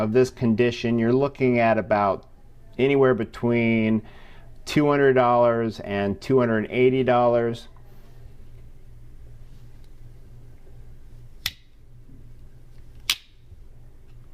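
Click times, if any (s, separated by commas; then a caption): 11.5 s, 13.1 s. Someone talks, then after a quiet pause the blade of a Case XX 6265SAB two-blade folding pocket knife with second cut bone handles is worked. Its backspring snaps the blade into position with two sharp clicks at 11.5 s and 13.1 s, and the blade is seated.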